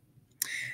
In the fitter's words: the SD card in once you do you should hear a little click